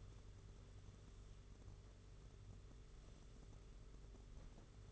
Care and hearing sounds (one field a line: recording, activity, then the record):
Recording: daily activity, microphone in the room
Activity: sweep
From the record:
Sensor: 4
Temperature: 27.1 degrees Celsius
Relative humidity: 38.3%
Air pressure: 992.2 hPa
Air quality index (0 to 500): 110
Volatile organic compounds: 18 ppm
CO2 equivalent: 2631 ppm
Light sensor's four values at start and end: 23/79/29/31 and 23/79/29/31